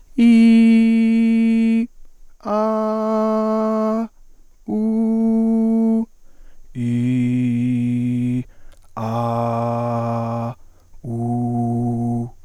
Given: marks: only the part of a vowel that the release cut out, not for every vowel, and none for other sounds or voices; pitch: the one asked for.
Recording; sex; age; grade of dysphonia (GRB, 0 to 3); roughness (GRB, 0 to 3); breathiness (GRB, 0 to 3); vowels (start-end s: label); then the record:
sustained vowels; male; 20 to 29 years; 0; 0; 0
0.62-1.74 s: vowel /i/, high pitch
2.66-3.89 s: vowel /a/, high pitch
4.84-5.88 s: vowel /u/, high pitch
7.00-8.29 s: vowel /i/, low pitch
9.17-10.44 s: vowel /a/, low pitch
11.19-12.15 s: vowel /u/, low pitch
From the record:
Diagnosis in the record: healthy voice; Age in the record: 21 years